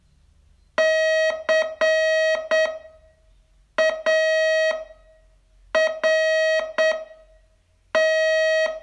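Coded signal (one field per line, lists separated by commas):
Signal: Morse code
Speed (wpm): 8 wpm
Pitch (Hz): 640 Hz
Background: none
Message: CART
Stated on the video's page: Morse training lesson, day 27 of a 42-day course.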